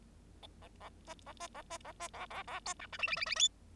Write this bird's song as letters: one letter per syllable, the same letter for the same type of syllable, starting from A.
A A B A B A B A B A A A C D E F F F F G